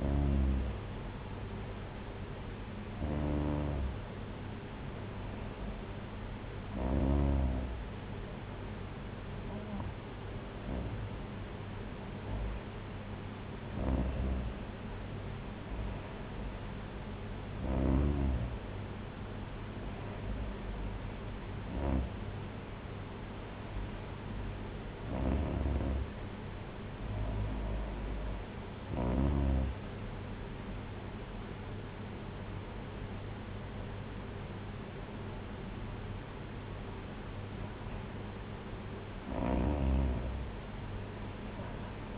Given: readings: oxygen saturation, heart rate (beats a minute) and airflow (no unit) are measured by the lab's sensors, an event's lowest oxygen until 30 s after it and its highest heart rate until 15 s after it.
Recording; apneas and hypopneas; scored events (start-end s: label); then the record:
breathing in sleep by a voice recorder at the bedside; none
30.00-42.17 s: new sleep stage, N2 (light sleep)
From the record:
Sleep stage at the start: N1 (lightest sleep); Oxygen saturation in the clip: 90 to 95%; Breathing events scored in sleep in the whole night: 226 in 8.8 hours asleep